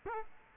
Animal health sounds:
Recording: mosquito wingbeat signal from an infrared sensor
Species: Culex quinquefasciatus

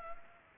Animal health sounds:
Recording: mosquito wingbeat signal from an infrared sensor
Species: Culex pipiens

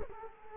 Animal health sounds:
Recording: mosquito wingbeat signal from an infrared sensor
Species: Culex quinquefasciatus

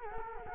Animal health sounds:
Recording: mosquito wingbeat signal from an infrared sensor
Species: Culex quinquefasciatus

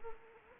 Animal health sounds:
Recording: mosquito wingbeat signal from an infrared sensor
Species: Anopheles arabiensis

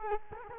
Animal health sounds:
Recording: mosquito wingbeat signal from an infrared sensor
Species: Culex quinquefasciatus

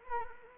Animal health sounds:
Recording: mosquito wingbeat signal from an infrared sensor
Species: Anopheles arabiensis

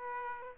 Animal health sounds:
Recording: mosquito wingbeat signal from an infrared sensor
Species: Aedes aegypti

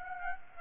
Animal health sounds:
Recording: mosquito wingbeat signal from an infrared sensor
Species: Aedes aegypti

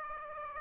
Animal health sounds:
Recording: mosquito wingbeat signal from an infrared sensor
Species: Aedes aegypti

